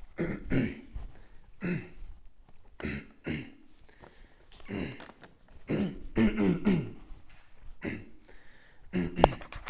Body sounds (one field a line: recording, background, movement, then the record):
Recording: throat clearing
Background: quiet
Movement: sitting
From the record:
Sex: male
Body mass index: 21.0 kg/m2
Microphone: on the chest, facing outward